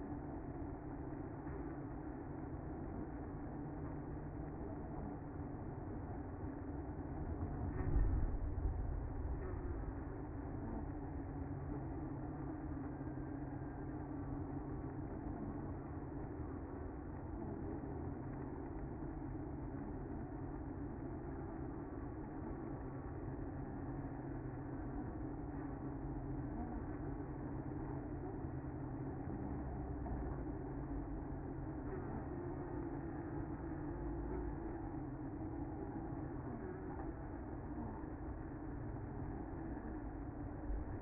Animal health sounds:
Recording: honeybee colony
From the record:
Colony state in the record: active

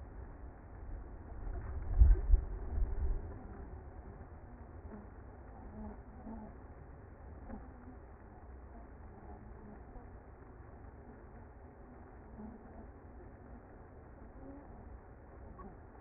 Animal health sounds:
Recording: honeybee colony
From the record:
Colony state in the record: active

